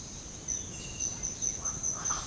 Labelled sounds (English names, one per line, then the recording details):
Speckled Chachalaca
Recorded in secondary vegetation near Puerto Asís, Putumayo, Colombia, on 20 February 2024 at 08:00
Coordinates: 0.468, -76.324
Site G6381